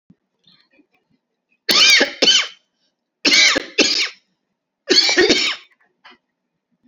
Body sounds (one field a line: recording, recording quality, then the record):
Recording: heavy voluntary cough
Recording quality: excellent, no background noise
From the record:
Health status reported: COVID-19 positive, mild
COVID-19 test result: positive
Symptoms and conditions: fatigue, loss of smell and taste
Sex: male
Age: 35 years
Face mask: worn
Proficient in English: yes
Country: India